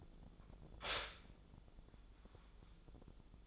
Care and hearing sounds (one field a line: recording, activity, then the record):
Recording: daily activity, microphone in the room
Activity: stop toaster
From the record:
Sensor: 5